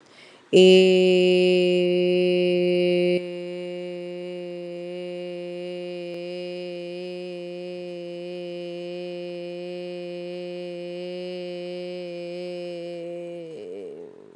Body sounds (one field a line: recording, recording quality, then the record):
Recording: sustained vowel as in made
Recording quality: excellent, no background noise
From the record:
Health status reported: respiratory illness, not identified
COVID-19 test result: negative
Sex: female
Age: 29 years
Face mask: not worn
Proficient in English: yes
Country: India